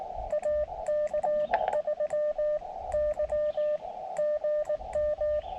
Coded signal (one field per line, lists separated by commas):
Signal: Morse code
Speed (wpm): 19 wpm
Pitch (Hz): 590 Hz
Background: radio noise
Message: AK3Y GM